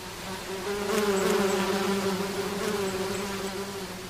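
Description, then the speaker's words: Bee or wasp buzzing: a steady, low drone that holds one pitch throughout, swelling slightly early on, over a faint background hiss. Bees and wasps come around a table under a lime tree while fruit is peeled and pitted for jam. "Et vous entendez les abeilles et les guêpes viennent nous donner un coup de main. Attention les guêpes là."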